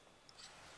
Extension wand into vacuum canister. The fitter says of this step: go ahead and line those up push down until it clicks into place